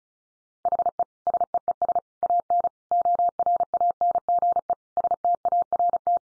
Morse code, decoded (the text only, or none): HE SEES AN ORANGE START